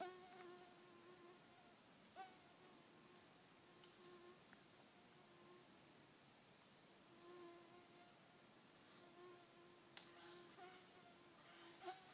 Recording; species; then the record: mosquito flight sound by mobile phone; Aedes sierrensis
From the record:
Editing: cut to the mosquito's sound